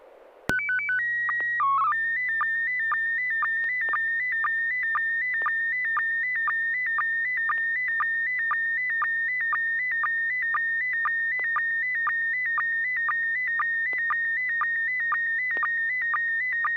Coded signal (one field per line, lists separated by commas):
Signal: SSTV (slow-scan television)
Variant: PD 120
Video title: N6NA SSTV Net - 03/05/2025